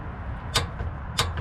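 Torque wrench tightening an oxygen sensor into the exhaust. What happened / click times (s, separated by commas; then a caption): Torque wrench clicks at its set torque / 0.6 s, 1.2 s. A click-type torque wrench set to 37 ft-lbs tightens an oxygen sensor fitted in its spacer into the exhaust of an Infiniti QX80 over a steady low background hum. Two sharp, bright clicks sound at 0.6 s and 1.2 s as the wrench reaches its setting, confirming the sensor is torqued.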